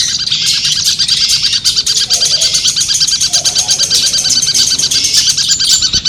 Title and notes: Cendet 04. Suara Lomba untuk Terapi Mental Cendet - Versi 2. Masteran Burung Cendet